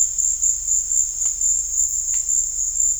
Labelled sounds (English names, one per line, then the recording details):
none
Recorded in dense forest near Puerto Asís, Putumayo, Colombia, on 20 December 2024 at 16:00
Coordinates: 0.484, -76.325
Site G056